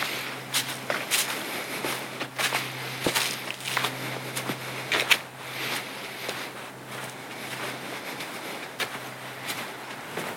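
Footsteps crunch along a trail on a night hike, landing in uneven bursts every second or so, with a heavier step near the three-second mark. A steady low hum runs beneath the first seven seconds, then fades, while a faint hiss lingers throughout.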